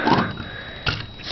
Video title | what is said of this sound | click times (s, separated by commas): Transformers Animated Swindle | Snaps in place. | 0.9 s